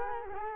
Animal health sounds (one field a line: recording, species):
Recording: mosquito wingbeat signal from an infrared sensor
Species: Culex quinquefasciatus